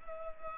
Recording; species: mosquito wingbeat signal from an infrared sensor; Culex pipiens